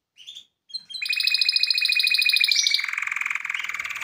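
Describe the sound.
Canary song: two short chirps, then a long buzzy rolling trill that runs to the end.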